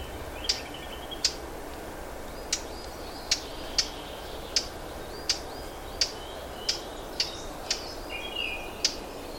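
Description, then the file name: Eurasian blackcap calling a hard, dry tack note about every half to one second, steady and repeated, with faint whistles behind and constant background hiss. "Sylvia atricapilla"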